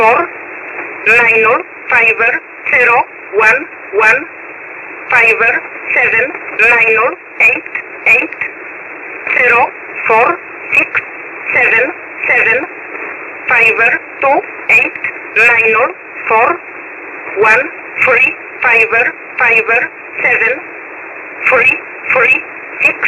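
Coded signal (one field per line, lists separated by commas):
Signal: numbers station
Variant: E11 (Oblique), English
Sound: a voice reading single digits one by one at a steady pace over radio hiss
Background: radio static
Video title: 10356kHz USB Polish Number Station E11 calling 266 (Jun 19, 2025)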